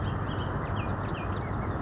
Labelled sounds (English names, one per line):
Bullock's Oriole